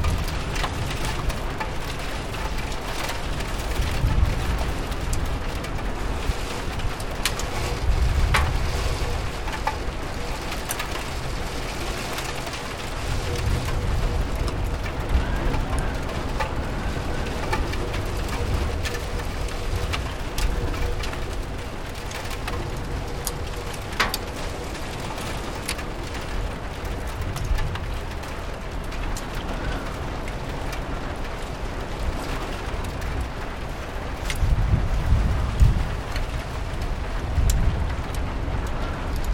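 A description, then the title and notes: Rain falls steadily outside a window, a dense, even patter. Low rumbling swells come and go every few seconds, strongest around 8 and 35 seconds, like gusts or traffic, with occasional small ticks and clicks. COSY RAIN • A Desk in Front of a Rainy Window Is the Perfect Place to Study.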